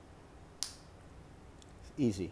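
The extension link of a metal watch bracelet clasp on a Rolex Milgauss Z Blue Dial is pushed back into the clasp to take off five millimeters, and it clicks closed with a sharp, bright click at 0.6 s. A much fainter tick follows at 1.6 s, and then someone talks briefly. The extension is seated and the clasp is closed.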